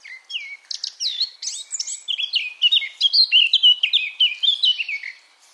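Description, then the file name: Eurasian blackcap singing a fast, varied warble of high chattering notes that leads into clearer, louder fluting phrases. "Sylvia atricapilla"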